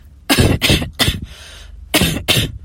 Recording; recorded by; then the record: voluntary cough; messaging app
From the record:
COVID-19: negative